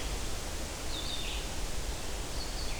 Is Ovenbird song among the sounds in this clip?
no